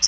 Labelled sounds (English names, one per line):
Common Yellowthroat flight call